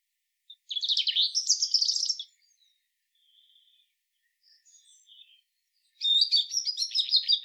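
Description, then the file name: European robin song in two warbling phrases of rapid, varied high notes, separated by quiet scattered twitters. "Erithacus rubecula"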